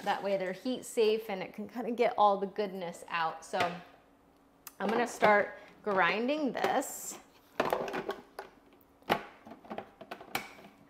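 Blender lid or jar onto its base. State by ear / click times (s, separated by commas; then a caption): seated / 10.3 s. Someone talks while fitting a blender or food processor jar and lid onto its base, a tricky fit, with a few brief knocks heard along the way. At 10.4 s a sharp click sounds as the lid and jar lock into place, seated on the base before grinding pork rinds.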